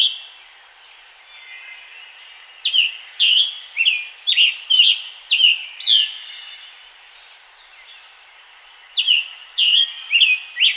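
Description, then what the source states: Scarlet tanager singing hoarse, slurred phrases, a long run of about eight burry notes followed after a pause by a shorter four-note bout. Scarlet tanager singing in its environment, Pennsylvania.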